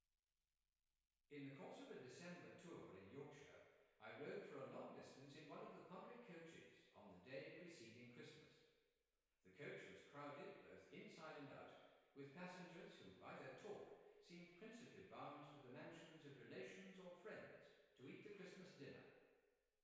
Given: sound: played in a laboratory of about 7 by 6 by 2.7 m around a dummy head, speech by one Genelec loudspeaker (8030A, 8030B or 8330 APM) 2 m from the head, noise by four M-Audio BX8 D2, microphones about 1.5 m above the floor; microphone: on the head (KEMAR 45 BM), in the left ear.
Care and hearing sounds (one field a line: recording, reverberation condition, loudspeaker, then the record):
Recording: male speech in English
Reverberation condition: high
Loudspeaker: 60 degrees to the right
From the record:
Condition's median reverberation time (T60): about 1300 ms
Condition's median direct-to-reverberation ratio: about -4.0 dB